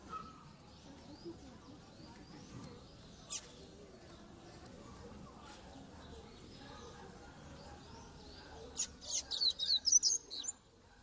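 Double-collared seedeater giving a quick high twittering phrase near the end, after a long stretch of faint scattered bird notes and steady background noise.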